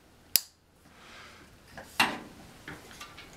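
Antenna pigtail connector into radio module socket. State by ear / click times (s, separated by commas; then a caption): seated / 0.4 s. A replacement 33-inch KP Performance antenna pigtail cable connector is pushed into the antenna socket of an integrated Moto 900 MHz radio module, to switch it over to external antennas. A sharp, loud click at 0.4 s shows the connector seating, followed by a second strong snap near 2.0 s and softer handling knocks around 1.8, 2.7 and 3.0 s.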